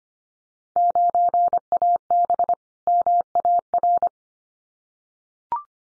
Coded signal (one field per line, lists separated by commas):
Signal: Morse code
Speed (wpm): 25 wpm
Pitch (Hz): 700 Hz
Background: none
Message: 9AB MAR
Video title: Field Day Exchange Encore 25wpm